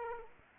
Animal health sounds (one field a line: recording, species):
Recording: mosquito wingbeat signal from an infrared sensor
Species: Aedes aegypti